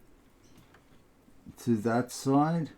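A front-panel USB 3 cable connector is lined up by its groove with the motherboard header before being pushed home, with only faint handling noise and a soft tick near 0.8 s. Someone talks from about 1.6 s. Nothing has seated or clicked yet.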